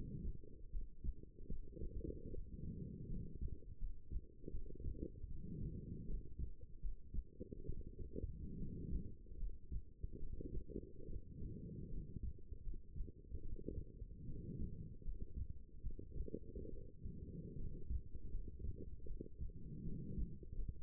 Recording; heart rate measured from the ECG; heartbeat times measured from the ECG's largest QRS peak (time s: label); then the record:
heart sounds by stethoscope; 76 bpm
0.70 s: heartbeat
1.48 s: heartbeat
2.29 s: heartbeat
3.08 s: heartbeat
3.78 s: heartbeat
4.50 s: heartbeat
5.27 s: heartbeat
6.06 s: heartbeat
6.80 s: heartbeat
7.65 s: heartbeat
8.57 s: heartbeat
9.38 s: heartbeat
10.18 s: heartbeat
11.05 s: heartbeat
11.89 s: heartbeat
12.62 s: heartbeat
13.41 s: heartbeat
14.25 s: heartbeat
15.03 s: heartbeat
15.81 s: heartbeat
16.69 s: heartbeat
17.56 s: heartbeat
18.30 s: heartbeat
19.06 s: heartbeat
19.84 s: heartbeat
20.54 s: heartbeat
From the record:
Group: healthy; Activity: rest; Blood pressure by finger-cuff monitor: 120/75 mmHg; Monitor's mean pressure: 93 mmHg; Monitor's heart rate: 75 bpm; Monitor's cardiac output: 7.1 L/min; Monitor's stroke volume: 92 mL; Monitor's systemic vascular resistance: 930 dyn s/cm5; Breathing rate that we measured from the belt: 21 breaths a minute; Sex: female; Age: 23 years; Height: 160 cm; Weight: 50.4 kg